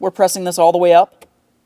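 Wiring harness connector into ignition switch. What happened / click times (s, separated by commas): The connector is being pushed up but has not clicked home yet / none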